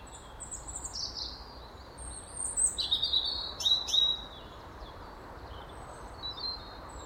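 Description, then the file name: European robin singing a short phrase of thin, high warbled notes and sliding whistles in the middle, with quiet pauses before and after over soft background hiss. "Erithacus rubecula"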